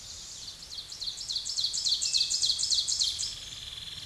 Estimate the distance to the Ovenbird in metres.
about 10 m